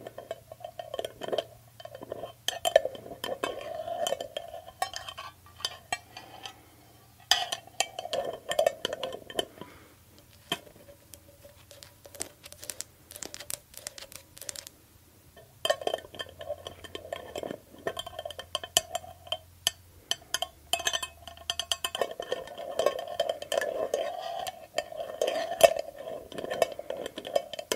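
A glass dropper bottle and its lid are handled, giving a dense run of small clinks, taps and scrapes with brief bright rings. Activity is busy for the first ten seconds, turns sparse with scattered clicks until about fifteen seconds, then picks up again. A low hum sits underneath at times.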